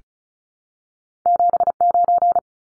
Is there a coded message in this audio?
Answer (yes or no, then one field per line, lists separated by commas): yes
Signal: Morse code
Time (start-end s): 1.3-2.4 s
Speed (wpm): 34 wpm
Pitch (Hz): 700 Hz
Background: none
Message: 79